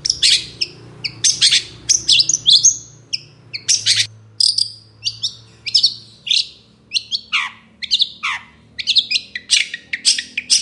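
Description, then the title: Long-tailed shrike in continuous rich song, packed with chirps, whistles, downslurred notes and buzzy fragments, quick and varied throughout. Morning song with varied 'toet toet' notes, used as a lure to get other long-tailed shrikes singing. "Cendet Gacor Dor Di Kala Pagi Toet Toet Variasi Suara"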